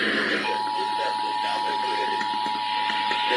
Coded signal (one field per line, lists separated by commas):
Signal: Emergency Alert System (SAME) tones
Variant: 853 and 960 Hz attention tone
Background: speech